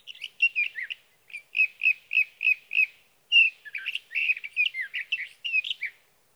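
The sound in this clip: Sage thrasher giving a long warbled song: a few varied notes, a series of evenly spaced repeated notes, then a denser run of varied slurred phrases.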